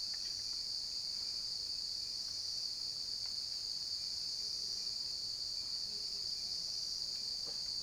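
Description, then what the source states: Crickets chirping in a steady, unbroken high-pitched trill that holds one pitch throughout, with a few faint soft clicks underneath. Cricket ambience recorded at night.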